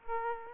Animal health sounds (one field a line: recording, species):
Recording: mosquito wingbeat signal from an infrared sensor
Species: Aedes aegypti